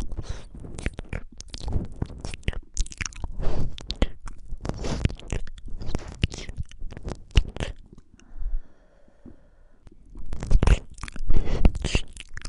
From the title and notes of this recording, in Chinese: 刺溜刺溜添设备。